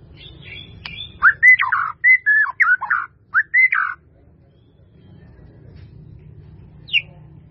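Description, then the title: White-rumped Shama song of short loud whistled and chattering phrases lasting about three seconds, then near silence with one thin high note; low background hum. "murai batu"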